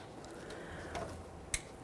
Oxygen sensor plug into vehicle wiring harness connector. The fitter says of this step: listen for a click from that we'll give it a little tug to make sure it's completely secured in place